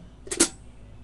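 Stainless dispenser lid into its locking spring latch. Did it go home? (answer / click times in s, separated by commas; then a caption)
yes / 0.3 s, 0.4 s. A stainless steel lid on a Bradley 658-30 soap dispenser is pushed back down into its flat spring latch. Two sharp snaps are heard at 0.3 s and 0.4 s, the second louder. The flat spring catches and the lid is locked shut.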